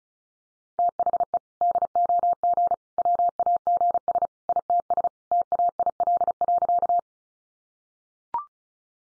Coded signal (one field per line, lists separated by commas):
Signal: Morse code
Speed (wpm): 34 wpm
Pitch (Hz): 700 Hz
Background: none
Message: THE DOG WAGS ITS TAIL.